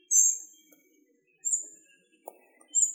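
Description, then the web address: Spotted flycatcher giving thin, very high squeaky calls, three short notes spaced over about three seconds, with a single soft click between the last two. "Muscicapa striata"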